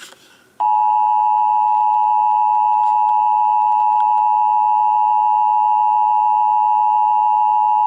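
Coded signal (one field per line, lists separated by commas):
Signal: Emergency Alert System (SAME) tones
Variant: 853 and 960 Hz attention tone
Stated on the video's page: Required monthly test relayed on AM, FM and TV.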